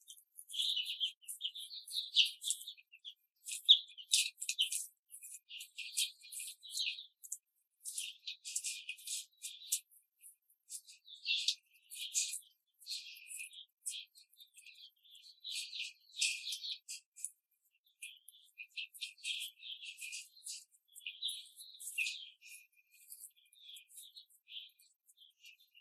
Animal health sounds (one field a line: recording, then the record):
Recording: young laying hens in a cage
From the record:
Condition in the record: control cage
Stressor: none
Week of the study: 5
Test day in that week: 1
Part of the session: 2